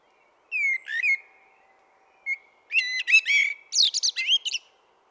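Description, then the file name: Common blackbird song, two fluty opening notes, a brief pause and a soft note, then a busy scratchy twitter of high squeaks. "Turdus merula"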